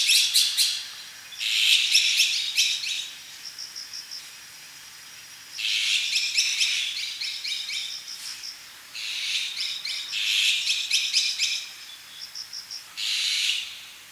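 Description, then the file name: Azure-winged magpie calls: bursts of grating, buzzy rasps lasting one to two seconds, separated by pauses with thin, high, clear notes. "onaga"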